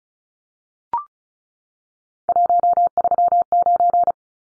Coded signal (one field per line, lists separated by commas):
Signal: Morse code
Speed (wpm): 34 wpm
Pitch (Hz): 700 Hz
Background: none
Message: 139